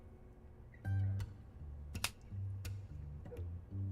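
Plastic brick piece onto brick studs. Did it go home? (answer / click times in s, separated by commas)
yes / 2.0 s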